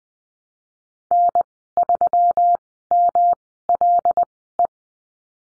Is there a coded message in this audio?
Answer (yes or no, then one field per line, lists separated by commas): yes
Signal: Morse code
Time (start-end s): 1.1-4.7 s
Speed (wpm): 20 wpm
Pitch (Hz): 700 Hz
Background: none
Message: N3MLE